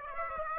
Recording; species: mosquito wingbeat signal from an infrared sensor; Aedes aegypti